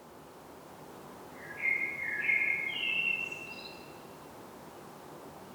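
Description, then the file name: Common blackbird delivering one whistled phrase of a few mellow notes stepping upward, ending in a faint high squeak, with quiet hiss before and after. "Turdus merula"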